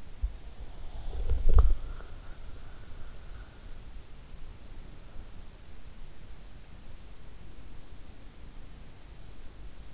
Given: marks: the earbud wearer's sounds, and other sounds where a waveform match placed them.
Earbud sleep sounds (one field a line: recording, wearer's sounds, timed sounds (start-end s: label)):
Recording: sounds in sleep by an in-ear microphone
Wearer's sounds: body movement, breath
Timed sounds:
0.00-2.09 s: body movement
1.87-4.09 s: breath